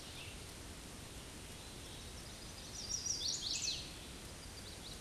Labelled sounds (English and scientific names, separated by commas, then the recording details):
Chestnut-sided Warbler (Setophaga pensylvanica) song
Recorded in a Pennsylvania forest on 18 May 2023 at 09:05
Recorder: AudioMoth, point grid1_34_low
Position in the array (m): 213 m, 134 m